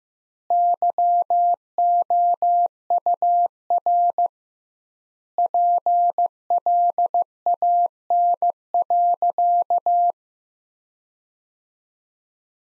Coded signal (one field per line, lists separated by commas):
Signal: Morse code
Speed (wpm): 15 wpm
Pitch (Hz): 700 Hz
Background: none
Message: YOUR PLAN.